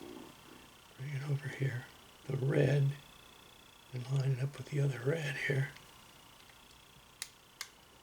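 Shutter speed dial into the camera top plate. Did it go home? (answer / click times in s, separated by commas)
yes / 7.2 s, 7.6 s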